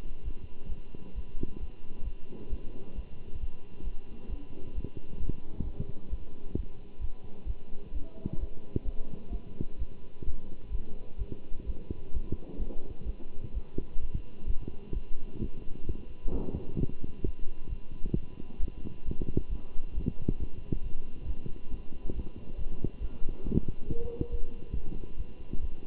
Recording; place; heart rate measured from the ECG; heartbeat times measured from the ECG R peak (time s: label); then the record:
heart sounds by stethoscope; between the tricuspid and mitral areas; 132 bpm
0.24 s: heartbeat
0.68 s: heartbeat
1.14 s: heartbeat
1.59 s: heartbeat
2.03 s: heartbeat
2.49 s: heartbeat
2.94 s: heartbeat
3.39 s: heartbeat
3.83 s: heartbeat
4.29 s: heartbeat
4.74 s: heartbeat
5.19 s: heartbeat
5.63 s: heartbeat
6.09 s: heartbeat
6.55 s: heartbeat
7.00 s: heartbeat
7.46 s: heartbeat
7.92 s: heartbeat
8.39 s: heartbeat
8.85 s: heartbeat
9.31 s: heartbeat
9.78 s: heartbeat
10.25 s: heartbeat
10.71 s: heartbeat
11.18 s: heartbeat
11.65 s: heartbeat
12.13 s: heartbeat
12.58 s: heartbeat
13.05 s: heartbeat
13.53 s: heartbeat
14.00 s: heartbeat
14.46 s: heartbeat
14.93 s: heartbeat
15.40 s: heartbeat
15.86 s: heartbeat
16.31 s: heartbeat
16.77 s: heartbeat
17.24 s: heartbeat
17.68 s: heartbeat
18.13 s: heartbeat
18.59 s: heartbeat
19.04 s: heartbeat
19.49 s: heartbeat
19.94 s: heartbeat
20.38 s: heartbeat
20.82 s: heartbeat
21.26 s: heartbeat
21.70 s: heartbeat
22.14 s: heartbeat
22.57 s: heartbeat
23.00 s: heartbeat
23.44 s: heartbeat
23.87 s: heartbeat
24.30 s: heartbeat
24.73 s: heartbeat
25.16 s: heartbeat
25.60 s: heartbeat
From the record:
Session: Bruce protocol treadmill stress test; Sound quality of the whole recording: good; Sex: male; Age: 23 years